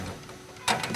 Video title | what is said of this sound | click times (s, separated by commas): IF YOU THINK YOU CAN DO BETTER, GO FOR IT! EPIC FAILURE | like so snap that baby on there | 0.8 s